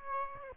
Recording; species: mosquito wingbeat signal from an infrared sensor; Aedes aegypti